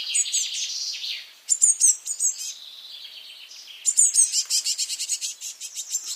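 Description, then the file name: Eurasian blue tit calls: high chattering phrases, short clicking note clusters, then a fast repeated series of sharp high notes near the end. "Cyanistes caeruleus"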